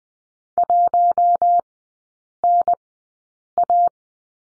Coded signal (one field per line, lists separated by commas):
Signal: Morse code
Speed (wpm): 20 wpm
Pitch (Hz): 700 Hz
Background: none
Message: 1NA